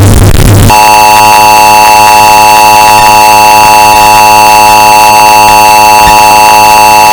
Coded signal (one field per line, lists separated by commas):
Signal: Emergency Alert System (SAME) tones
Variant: 853 and 960 Hz attention tone